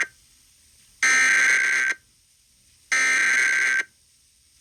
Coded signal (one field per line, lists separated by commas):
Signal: Emergency Alert System (SAME) tones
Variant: header bursts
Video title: EAS Flash Flood Emergency (FFW-E) on WFDD 88.5 (8/2/2026)